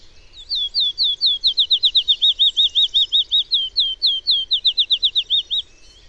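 Bird song: a long rapid string of high whistled notes that changes note shape partway through, with faint twittering behind.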